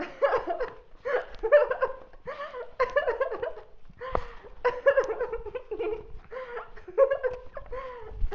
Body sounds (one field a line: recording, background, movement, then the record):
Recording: laughter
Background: quiet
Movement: walking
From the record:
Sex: female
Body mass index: 18.8 kg/m2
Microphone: on the chest, facing outward